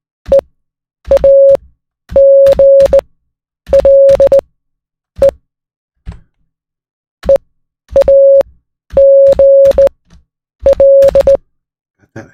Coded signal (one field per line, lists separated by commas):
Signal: Morse code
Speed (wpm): 18 wpm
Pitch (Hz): 550 Hz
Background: none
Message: EAGLE EAGL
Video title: Morning Coffee + Morse Code + Learning C++ | Ep.1